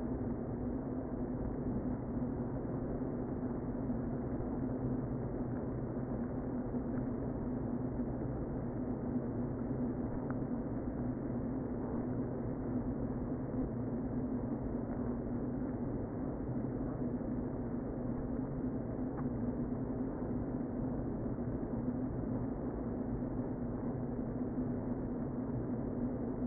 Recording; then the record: honeybee colony, microphone inside the hive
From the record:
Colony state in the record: queen present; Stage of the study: before two queens were removed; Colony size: about 60,000 bees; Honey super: yes